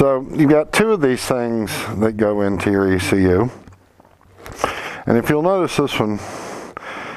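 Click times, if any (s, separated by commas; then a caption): 6.8 s. A locking lever on a motorcycle ECU wiring connector is pressed down, making a sharp click at 6.8 s that releases the plug so it pops out of the ECU. Someone talks before and after, with a quiet pause around 4 s.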